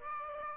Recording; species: mosquito wingbeat signal from an infrared sensor; Aedes aegypti